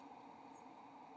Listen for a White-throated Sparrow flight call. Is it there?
no